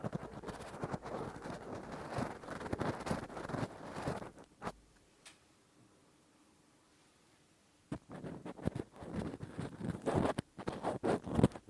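Rough, deep ear cleaning with a Q-tip and ear pick makes dense scratching and rubbing for the first four seconds, crackly and full from low to bright. A near-silent pause follows until about eight seconds, then sharper, louder scraping strokes resume in quick bursts.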